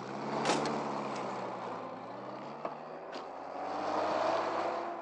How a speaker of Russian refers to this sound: Полковник закрывает дверцу машины.